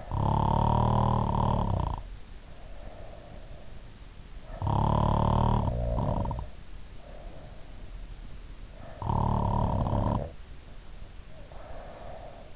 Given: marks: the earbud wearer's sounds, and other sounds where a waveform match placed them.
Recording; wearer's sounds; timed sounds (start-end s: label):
sounds in sleep by an in-ear microphone; snoring breath
0.00-3.48 s: snoring breath
4.34-6.62 s: snoring breath
9.02-12.56 s: snoring breath